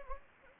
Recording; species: mosquito wingbeat signal from an infrared sensor; Anopheles gambiae